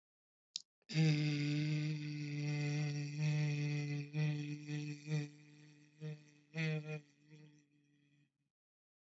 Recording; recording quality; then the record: sustained vowel as in made; excellent, no background noise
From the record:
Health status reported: healthy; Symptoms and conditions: none ticked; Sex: male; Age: 25 years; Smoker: yes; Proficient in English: yes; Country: India